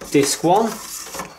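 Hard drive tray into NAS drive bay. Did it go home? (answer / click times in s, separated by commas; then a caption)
no / none. Someone talks while handling a hard-drive tray holding a 3.5-inch Western Digital Red 2 TB drive, about to push it into a bay of a 4-bay Synology DS415+ NAS enclosure. Only the voice and faint handling noise are heard. Nothing has seated or clicked yet.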